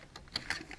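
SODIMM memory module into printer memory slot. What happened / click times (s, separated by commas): The memory module snapped into its slot latches / 0.4 s, 0.5 s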